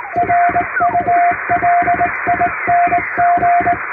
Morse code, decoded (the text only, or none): RULING